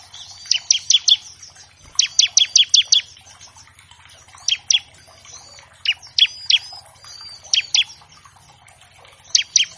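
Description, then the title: Bar-winged Prinia song: brisk series of shrill falling notes in clusters, interspersed with softer whistled chirps. Loud, chatty ciblek used as a master track to train captive songbirds of all kinds and prompt them to start singing quickly. "Masteran Ciblek Gacor Vs Kenari Gacor Untuk Masteran Semua Jenis Burung. Pancingan Ciblek bahan agar cepat bunyi. Burung Ciblek"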